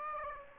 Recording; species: mosquito wingbeat signal from an infrared sensor; Aedes aegypti